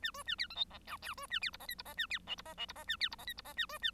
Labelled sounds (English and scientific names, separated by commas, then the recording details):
Bengalese Finch (Lonchura striata domestica) song
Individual Bird1